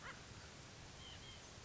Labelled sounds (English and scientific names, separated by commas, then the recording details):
White-breasted Nuthatch (Sitta carolinensis)
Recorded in Sonoma County, California